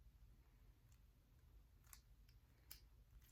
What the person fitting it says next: There. Okay, so it clicks into place. There we go.